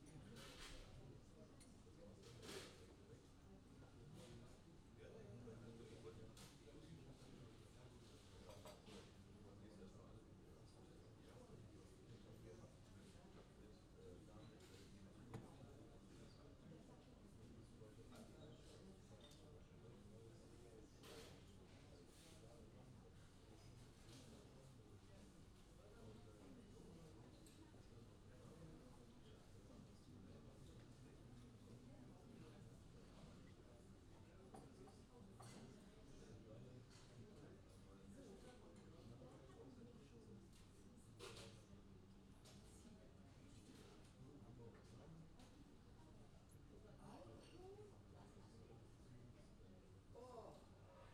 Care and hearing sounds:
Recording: everyday scene through a hearing-aid microphone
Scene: many people talking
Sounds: many voices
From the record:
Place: university cafeteria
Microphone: in the ear canal, left

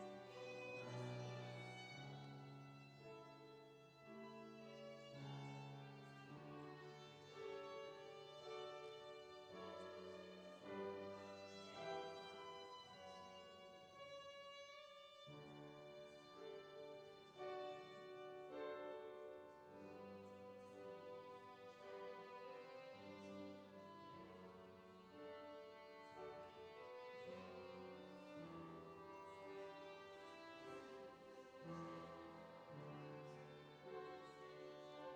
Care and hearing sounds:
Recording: everyday scene through a hearing-aid microphone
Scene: reverberant space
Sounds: music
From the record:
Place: church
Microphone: in the ear canal, left

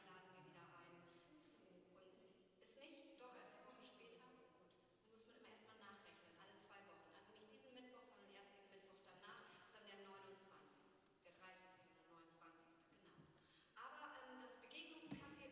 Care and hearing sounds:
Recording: everyday scene through a hearing-aid microphone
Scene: reverberant space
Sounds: speech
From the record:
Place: church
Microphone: in the ear canal, left

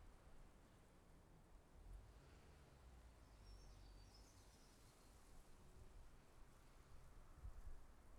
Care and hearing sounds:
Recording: everyday scene through a hearing-aid microphone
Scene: wind on the microphone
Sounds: wind, traffic, birds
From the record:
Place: suburban garden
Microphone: behind the ear, left, rear

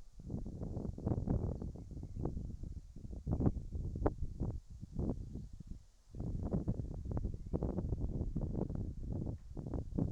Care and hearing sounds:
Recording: everyday scene through a hearing-aid microphone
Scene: wind on the microphone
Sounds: wind, whistling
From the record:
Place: in front of a rural house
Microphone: in the ear canal, right

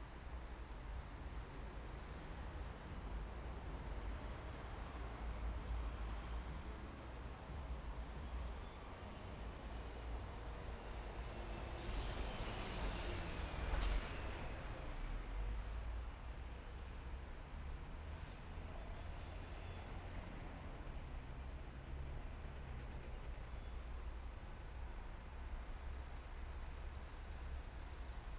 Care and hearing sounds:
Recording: everyday scene through a hearing-aid microphone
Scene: in traffic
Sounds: traffic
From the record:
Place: main city hub, rush hour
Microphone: behind the ear, right, rear

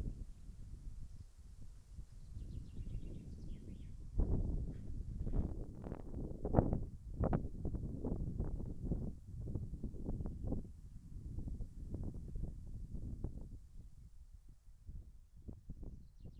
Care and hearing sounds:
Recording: everyday scene through a hearing-aid microphone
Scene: wind on the microphone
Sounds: wind, birds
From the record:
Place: in front of a rural house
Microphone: behind the ear, left, rear

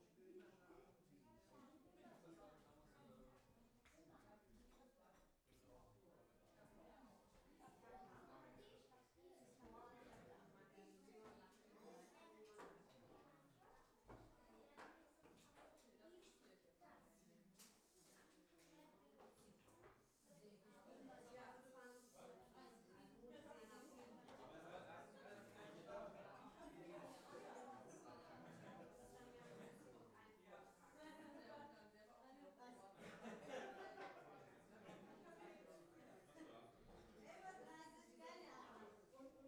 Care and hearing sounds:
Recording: everyday scene through a hearing-aid microphone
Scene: many people talking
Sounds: many voices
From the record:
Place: parish hall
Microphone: behind the ear, left, front

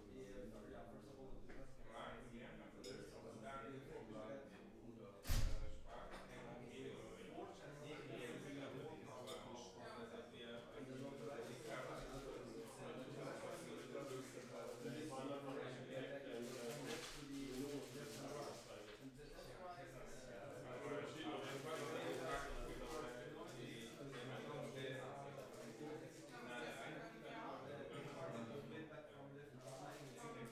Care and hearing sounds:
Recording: everyday scene through a hearing-aid microphone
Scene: many people talking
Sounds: many voices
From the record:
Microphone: behind the ear, left, front

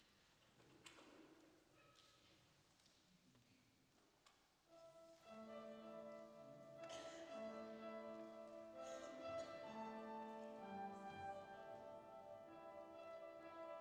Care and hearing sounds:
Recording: everyday scene through a hearing-aid microphone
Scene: reverberant space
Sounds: music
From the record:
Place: church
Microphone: in the ear canal, left

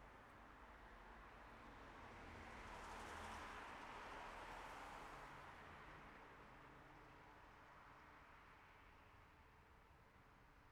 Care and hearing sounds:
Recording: everyday scene through a hearing-aid microphone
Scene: in traffic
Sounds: traffic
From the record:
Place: city secondary road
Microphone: behind the ear, left, front

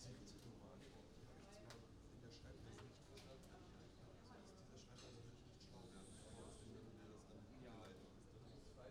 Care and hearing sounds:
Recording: everyday scene through a hearing-aid microphone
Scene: many people talking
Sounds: many voices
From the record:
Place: university cafeteria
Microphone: in the ear canal, right

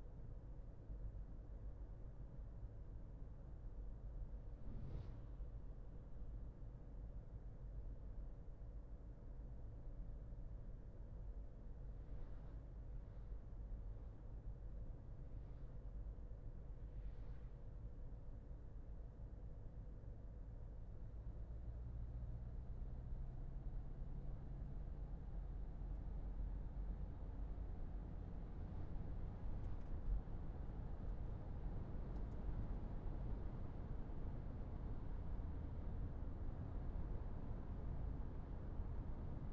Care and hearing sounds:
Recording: everyday scene through a hearing-aid microphone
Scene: in a vehicle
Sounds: engine, traffic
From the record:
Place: Berlingo II, diesel engine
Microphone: behind the ear, left, rear

